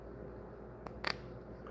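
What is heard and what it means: A laser-cut wooden piece from a 3D puzzle kit is pressed into its slot on the wooden model. A faint tick at 0.9 s comes before a sharp squish-click burst at 1.1 s, with a quiet steady hum underneath. The piece press-fits home and is seated, giving a good squish.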